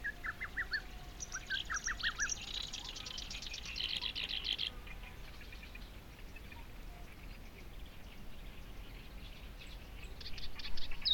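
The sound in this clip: Bird song with short notes in quick groups, then a long buzzy trill, and a fresh high phrase near the end.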